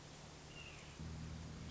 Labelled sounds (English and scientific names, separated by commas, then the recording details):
Red-shouldered Hawk (Buteo lineatus)
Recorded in Sonoma County, California